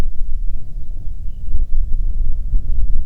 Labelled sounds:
songbird, wind
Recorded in the Prudhoe Bay oil fields, Alaska, on 6 June 2019 at 03:54
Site 16

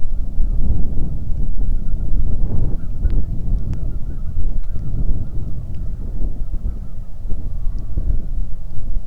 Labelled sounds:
waterfowl, wind
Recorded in the Arctic National Wildlife Refuge, Alaska, on 3 August 2019 at 09:09
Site 46

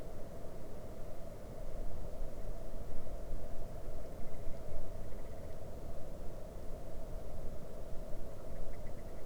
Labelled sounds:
grouse or ptarmigan, wind, water
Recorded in the Arctic National Wildlife Refuge, Alaska, on 22 May 2019 at 01:00
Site 41

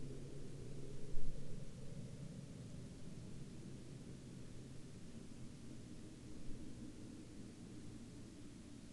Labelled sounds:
man-made sound
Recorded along the Dempster Highway, Canada, on 13 October 2019 at 18:41
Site 16

